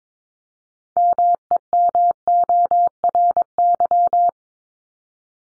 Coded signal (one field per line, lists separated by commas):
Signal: Morse code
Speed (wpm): 22 wpm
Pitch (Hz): 700 Hz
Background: none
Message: MEMORY